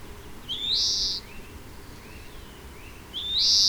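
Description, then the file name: European greenfinch wheeze: two long rising nasal buzzes about two and a half seconds apart, each slurring upward then holding steady. "Chloris chloris"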